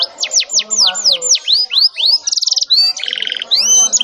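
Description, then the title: Canary song: a row of falling whistled notes, then rising whistles and buzzy rolls, with soft lower warbles beneath. Canary song described as vigorous, insistent and with long rolls, meant to make other canaries answer at once. "LANGSUNG NYAUT GACOR DOR Kenari Manasaja, Dengan Kicau Kenari GACOR NGOTOT ROLL PANJANG"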